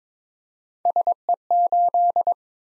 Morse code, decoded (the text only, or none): SE8